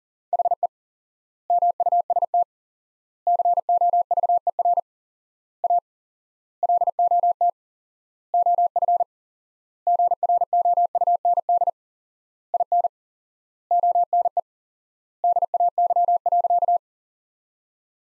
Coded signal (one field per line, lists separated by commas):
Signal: Morse code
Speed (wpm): 40 wpm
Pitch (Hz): 700 Hz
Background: none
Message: HE MUST COVER A LOT OF GROUND IN ONE DAY.